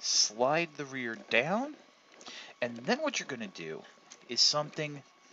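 Someone talks while handling the rear section of a plastic Transformers Age of Extinction Armor Knight Optimus Prime figure, sliding it down along its track during transformation. Only speech is heard, with no distinct click. The rear section has not clicked into place yet.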